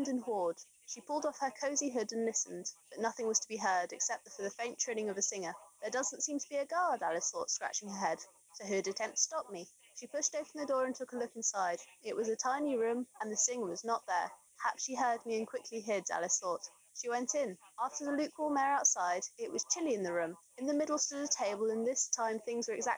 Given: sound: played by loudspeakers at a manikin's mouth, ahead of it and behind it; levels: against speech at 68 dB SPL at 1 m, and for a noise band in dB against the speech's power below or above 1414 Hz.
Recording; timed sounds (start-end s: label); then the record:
test signals for a remote microphone
0.00-22.98 s: woman speaking, babble ahead at +6 dB SNR for speech at 1 m
From the record:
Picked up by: remote microphone C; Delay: 23 ms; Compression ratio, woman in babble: 1.51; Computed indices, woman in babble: HASPI 0.867, HASQI 0.307 (non-linear 0.358, linear 0.857), ESTOI 0.784